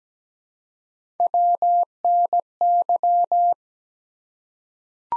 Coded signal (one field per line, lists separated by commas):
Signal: Morse code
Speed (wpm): 17 wpm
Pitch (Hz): 700 Hz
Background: none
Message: WNY